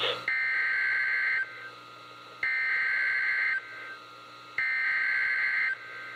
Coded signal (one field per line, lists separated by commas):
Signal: Emergency Alert System (SAME) tones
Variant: header bursts